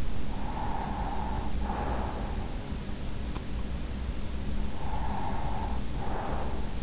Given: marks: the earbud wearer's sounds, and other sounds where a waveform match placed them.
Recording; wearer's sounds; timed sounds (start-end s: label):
sounds in sleep by an in-ear microphone; breath
0.28-2.76 s: breath
4.45-6.82 s: breath